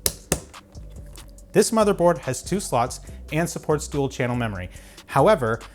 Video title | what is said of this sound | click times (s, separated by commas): How To Build A PC | and then press down firmly until you hear the clicks | 0.1 s, 0.3 s